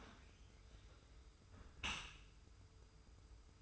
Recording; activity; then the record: daily activity, microphone in the room; close dishwasher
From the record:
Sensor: 2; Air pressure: 991.2 hPa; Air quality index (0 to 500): 143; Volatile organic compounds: 295 ppm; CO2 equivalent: 4470 ppm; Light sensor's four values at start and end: 41/117/46/44 and 41/117/46/44